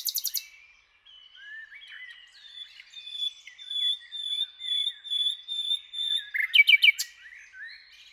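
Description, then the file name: Common nightingale song with a long sustained pure whistle at steady pitch, soft slurred notes around it, and sharp notes near the end. "Luscinia megarhynchos"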